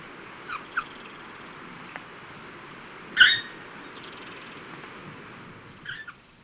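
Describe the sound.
Red-faced parrot call: one loud, harsh squawk midway, with a few fainter rasping notes before and after, over a constant noisy hiss.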